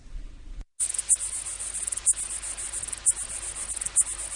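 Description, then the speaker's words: Lesser water boatman stridulating: a continuous, very high buzzing with sharper pulses roughly once a second, after a brief silent gap at the start. Male's mating call, made by stridulating with his reproductive organ, nearly 100 decibels, loudest animal relative to body size; insect a few millimetres long, found on ponds and lakes across Europe. "This is the song of the lesser water boatman."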